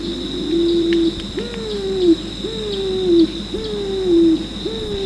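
Pigeon calling with a series of clear, hooting coos, most rising sharply then gliding slowly down, repeated about once a second over a steady high background hum.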